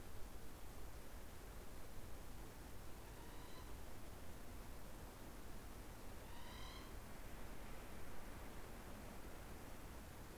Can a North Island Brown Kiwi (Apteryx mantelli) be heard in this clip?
no